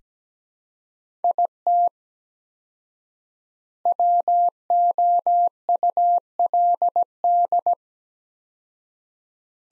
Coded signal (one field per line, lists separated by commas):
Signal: Morse code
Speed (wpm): 17 wpm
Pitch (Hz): 700 Hz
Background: none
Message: IT WOULD